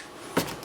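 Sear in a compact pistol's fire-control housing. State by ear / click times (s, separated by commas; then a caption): seated / 0.4 s. During reassembly of a Ruger LCP or LCP II compact pistol's fire-control group, the small steel sear in its housing is pushed forward with a flathead screwdriver. After a quiet stretch, a single sharp click sounds at 0.4 s and fades quickly as the sear snaps into its seat. The sear is seated.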